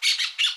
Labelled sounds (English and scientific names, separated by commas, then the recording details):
Brown-throated Parakeet (Eupsittula pertinax) contact call
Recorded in Aruba
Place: Cunucu Arikok, S side of Ceru Arikok
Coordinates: 12.502, -69.950